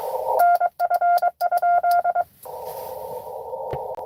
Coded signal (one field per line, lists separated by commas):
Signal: Morse code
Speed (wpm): 22 wpm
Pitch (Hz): 700 Hz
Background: radio noise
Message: NF?